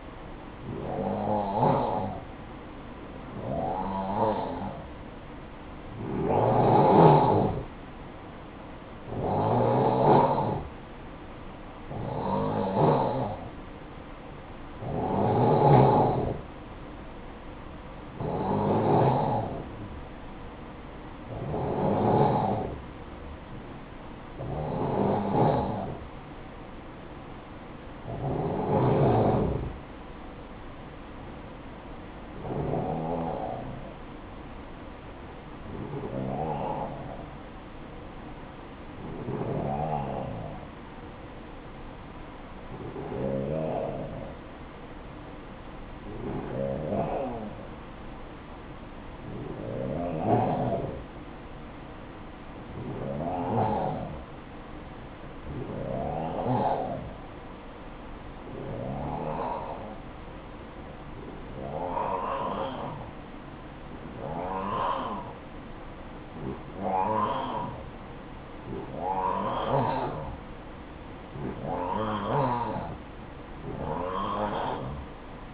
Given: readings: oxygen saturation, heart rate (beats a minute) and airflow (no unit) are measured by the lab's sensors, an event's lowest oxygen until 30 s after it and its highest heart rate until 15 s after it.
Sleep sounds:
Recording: breathing in sleep by a voice recorder at the bedside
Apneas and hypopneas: 1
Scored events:
38.00-69.60 s: hypopnea (N2, oxygen 95% highest, then 90% lowest, heart rate 62 at the start, 66 highest)
From the record:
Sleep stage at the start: N2 (light sleep)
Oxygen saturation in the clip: 91 to 95%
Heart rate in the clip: 54 to 64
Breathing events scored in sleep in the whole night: 573 in 9.8 hours asleep

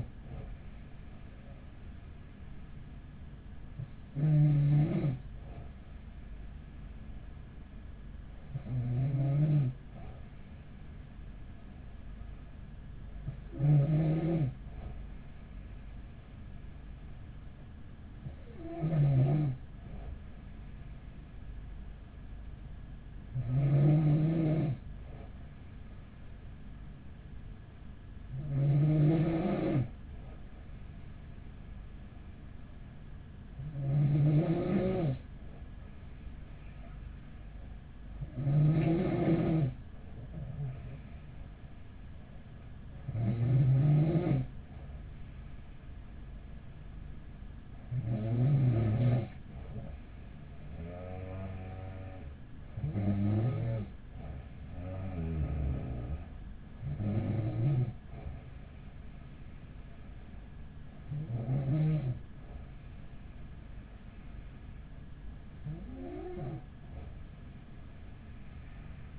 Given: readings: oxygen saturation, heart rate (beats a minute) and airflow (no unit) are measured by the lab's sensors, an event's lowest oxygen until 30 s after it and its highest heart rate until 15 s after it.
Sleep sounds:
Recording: breathing in sleep by a smartphone at the bedside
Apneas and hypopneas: none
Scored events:
none scored
From the record:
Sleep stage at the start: N2 (light sleep)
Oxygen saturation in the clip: 94 to 95%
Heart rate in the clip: 43 to 46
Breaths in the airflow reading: 15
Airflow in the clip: -5.7 to 5.3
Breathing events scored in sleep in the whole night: 207 in 7.6 hours asleep

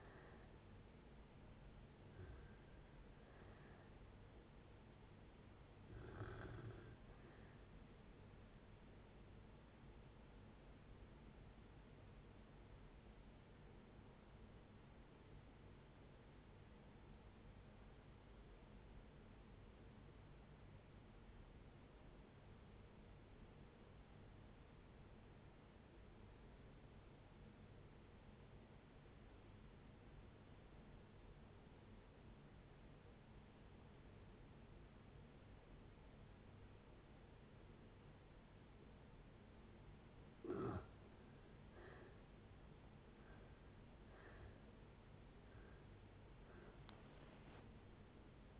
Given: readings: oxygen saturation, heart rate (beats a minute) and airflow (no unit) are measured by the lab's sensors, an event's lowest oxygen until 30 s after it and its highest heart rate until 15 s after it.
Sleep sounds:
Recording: breathing in sleep by a voice recorder at the bedside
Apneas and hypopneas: 1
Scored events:
15.00-41.10 s: obstructive apnea (N1, oxygen 96% highest, then 70% lowest, heart rate 62 at the start, 80 highest)
From the record:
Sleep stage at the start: N1 (lightest sleep)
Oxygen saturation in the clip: 75 to 96%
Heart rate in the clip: 57 to 77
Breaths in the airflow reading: 7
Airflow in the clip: -11.6 to 15.7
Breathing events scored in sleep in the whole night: 496 in 5.4 hours asleep

